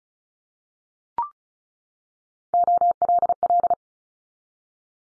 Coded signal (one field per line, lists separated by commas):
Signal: Morse code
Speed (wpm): 36 wpm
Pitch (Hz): 700 Hz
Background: none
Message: OLL